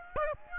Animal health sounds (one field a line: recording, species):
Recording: mosquito wingbeat signal from an infrared sensor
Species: Aedes aegypti